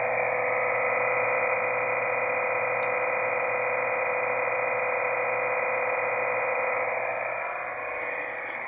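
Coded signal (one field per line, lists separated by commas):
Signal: MT63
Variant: MT63-2000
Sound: steady wide hissing warble of many tones filling the band, unchanging throughout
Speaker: all right here we go TX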